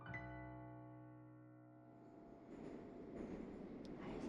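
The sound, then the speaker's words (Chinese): Subway train ambience: a steady, layered electric hum fades over the first seconds, then a broad rumbling roar of the moving train swells and holds, with faint clicks and no voices. “直到上了地铁之后，白思君的脑子都还是乱的。”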